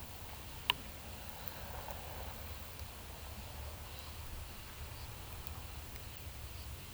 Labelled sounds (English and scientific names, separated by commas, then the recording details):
none
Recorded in pastures near Puerto Asís, Putumayo, Colombia, on 22 December 2024 at 14:30
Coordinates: 0.486, -76.323
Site GP01